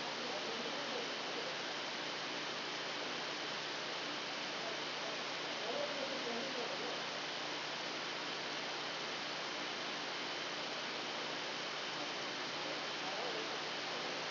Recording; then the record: brain microelectrode recording played as sound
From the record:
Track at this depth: outside the subthalamic nucleus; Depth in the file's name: 0.913 mm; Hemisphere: left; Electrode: 2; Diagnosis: Parkinson's disease